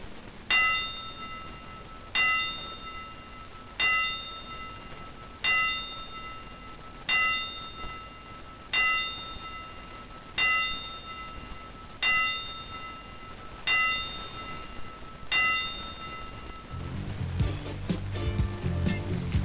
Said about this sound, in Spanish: Como se hace en todos los escenarios del planeta, en el marco del box, las 10 campanadas para despedir a quien se va de gira al gimnasio mayor, a reunirse con los colegas.